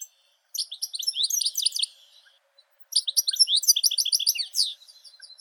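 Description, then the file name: European goldfinch twittering in two lively bursts of quick, high notes with a pause between them. "Golosa ptic - CSHegol Carduelis carduelis"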